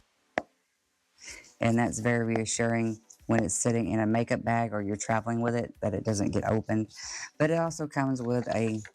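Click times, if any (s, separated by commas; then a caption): 0.4 s. The magnetic lid of a cardboard eyeshadow palette with a heavy mirror inside is closed onto its base, giving a short, sharp snap at 0.4 s as it seats shut. After a brief pause, someone talks for the rest of the clip.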